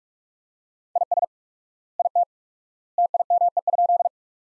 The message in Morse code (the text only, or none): IS IT TIME?